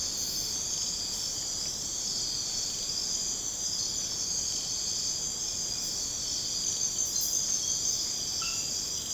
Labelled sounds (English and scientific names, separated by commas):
none